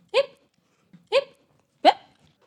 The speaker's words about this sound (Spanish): La ovejita se zampó la zanahoria tan rápido que le entró hipo.